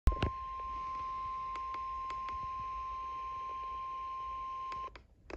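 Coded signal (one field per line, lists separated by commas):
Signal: Emergency Alert System (SAME) tones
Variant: 1050 Hz attention tone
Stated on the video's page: Severe thunderstorm warning tones received on Midland WR120EZ and WR400 weather radios from stations WXK20 and KWN31.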